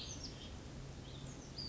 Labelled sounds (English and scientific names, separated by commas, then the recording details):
Western Flycatcher (Empidonax difficilis)
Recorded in Sonoma County, California